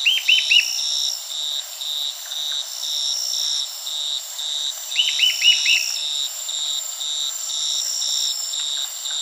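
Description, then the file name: Bird delivers two bursts of four or five curving notes, some five seconds apart, over an unbroken high insect hum with evenly spaced pulses. "SABIOD 50 bird 2015"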